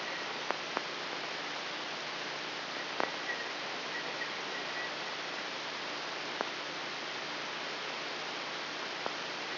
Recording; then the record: brain microelectrode recording played as sound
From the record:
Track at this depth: inside the subthalamic nucleus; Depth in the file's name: 4.507 mm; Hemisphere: left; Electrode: 3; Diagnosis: Parkinson's disease